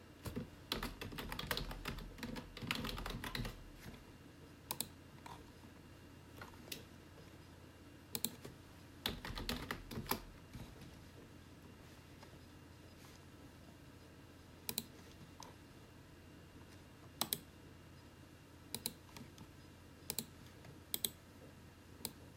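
Gentle typing on a keyboard comes in quick bursts, busiest in the first ten seconds, then thins to scattered single clicks, likely mouse clicks, every couple of seconds. A steady low whir of a personal computer runs underneath throughout.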